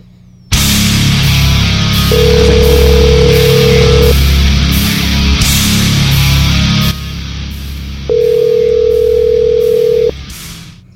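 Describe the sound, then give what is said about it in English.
A steady telephone dial tone sounds twice while a number is called, each tone lasting about two seconds, over a loud, dense wash of continuous background noise, with no voices. “Your call has been forwarded to an automatic voice message system.”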